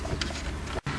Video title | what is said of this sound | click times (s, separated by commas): 2003 Xterra Control Unit Backlight Bulb Replacement | Use this blue clip and snap that into place as well. | 0.2 s